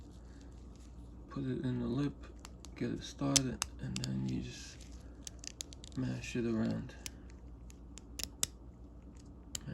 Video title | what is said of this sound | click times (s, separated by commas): Bonney V-702K Ratchet TOTAL TEARDOWN 1/4” Drive | Mash it around, and you hear the click. | 9.6 s